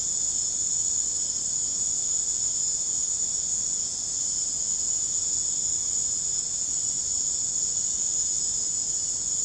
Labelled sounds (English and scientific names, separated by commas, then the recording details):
none
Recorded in secondary vegetation near Puerto Asís, Putumayo, Colombia, on 20 December 2024 at 20:30
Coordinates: 0.489, -76.322
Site G059